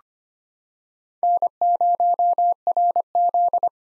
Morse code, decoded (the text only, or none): N0RZ